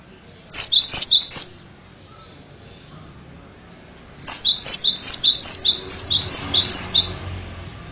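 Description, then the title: Bird song: a short burst and then, after a pause of a few seconds, a longer run of high, rapid downslurred whistled notes. "kikicau"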